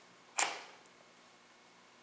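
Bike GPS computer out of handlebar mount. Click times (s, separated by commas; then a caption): 0.4 s. The tab is pressed again to release an Xplova bike GPS computer from its plastic handlebar mount, giving a sharp, bright click at 0.4 s that fades over about a third of a second. A faint tick follows at 0.9 s against quiet background hiss, and the computer comes free of the mount.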